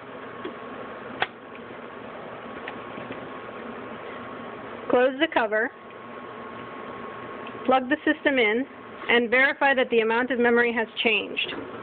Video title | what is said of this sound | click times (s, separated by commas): How to Install Memory into a Desktop Computer - memory.com | install the new module by pressing down firmly at each end until it clicks into place | 1.2 s, 2.7 s